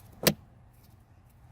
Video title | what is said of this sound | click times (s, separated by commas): How to completely service 2008-2012 Honda Accord! (INTRO & PART 1-CABIN AIR FILTER) | you just match that up put your new filter around pop it back in just push it in until it snaps then | 0.3 s